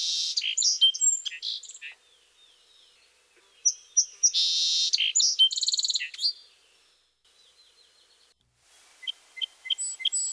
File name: song sparrow